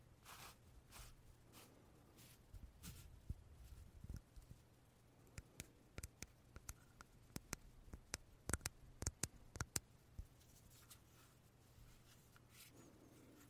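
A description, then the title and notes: Soft puffs of air come in short bursts over the first few seconds, then give way to a run of sharp little taps and clicks, densest between about five and ten seconds. A low steady hum runs underneath throughout, and there is no talking. 말없이 퍼프 소리만, 가득 담아봤어요 puff sound no talking asmr.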